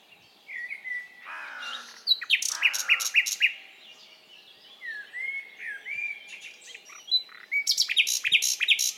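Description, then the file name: Common nightingale song: whistled notes, then loud rapid clicking trills and repeated chirps, with softer whistled phrases between. "Luscinia megarhynchos"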